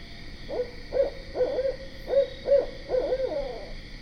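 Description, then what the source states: Barred owl hooting, a rhythmic series of deep, emphatic hoots with a rolling, slurred ending, about two to three hoots a second, over a steady hum. Recorded 12 September 2010.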